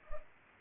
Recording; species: mosquito wingbeat signal from an infrared sensor; Culex pipiens